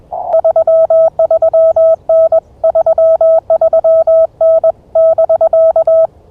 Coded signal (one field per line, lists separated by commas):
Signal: Morse code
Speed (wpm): 21 wpm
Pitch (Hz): 650 Hz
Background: none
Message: 33N 33N <BK>